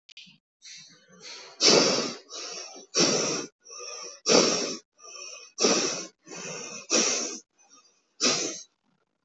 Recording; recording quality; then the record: deep breathing; excellent, no background noise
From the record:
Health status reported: healthy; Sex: male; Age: 57 years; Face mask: not worn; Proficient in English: yes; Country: India